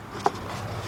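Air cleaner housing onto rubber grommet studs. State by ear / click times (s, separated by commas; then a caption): not seated / none. On a 2005 Nissan Pathfinder 4.0, the plastic air cleaner housing is lined up with the rubber grommets on its studs while being handled before it is pushed down. A single brief tap is heard at about 0.3 s over a low steady hum. Nothing has seated or clicked yet.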